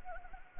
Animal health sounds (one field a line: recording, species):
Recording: mosquito wingbeat signal from an infrared sensor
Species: Anopheles arabiensis